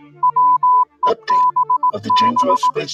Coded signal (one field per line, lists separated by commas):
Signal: Morse code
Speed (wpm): 18 wpm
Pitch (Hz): 1000 Hz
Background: music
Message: WEBB